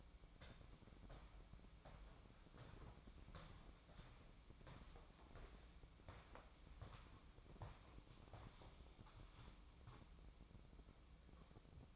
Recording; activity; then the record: daily activity, microphone in the room; walk to room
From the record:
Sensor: 1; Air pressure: 1008.2 hPa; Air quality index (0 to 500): 138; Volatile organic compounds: 2 ppm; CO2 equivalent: 1158 ppm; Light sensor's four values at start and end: 9/20/8/9 and 7/16/6/7